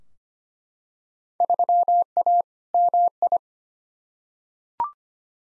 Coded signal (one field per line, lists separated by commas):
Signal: Morse code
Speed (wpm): 25 wpm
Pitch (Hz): 700 Hz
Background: none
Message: 3A MI